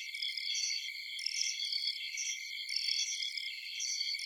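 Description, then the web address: Insect chorus of high, pulsing chirps and steady trilling, layered and continuous throughout. Insects at night in a forest. "Blastwave INSECTS Amb Night Forest"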